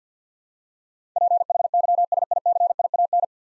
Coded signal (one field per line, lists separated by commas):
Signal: Morse code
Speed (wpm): 50 wpm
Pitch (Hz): 700 Hz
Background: none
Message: PHYSICIAN